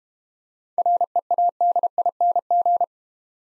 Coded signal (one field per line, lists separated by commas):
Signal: Morse code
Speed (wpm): 32 wpm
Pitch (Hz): 700 Hz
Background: none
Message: READING